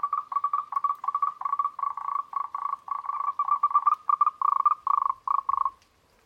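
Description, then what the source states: Moltrecht's green treefrog chorus, a continuous series of short rattling pulse bursts that falls silent near the end. Chorus, recorded at Huilay.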